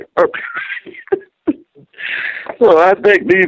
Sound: laughing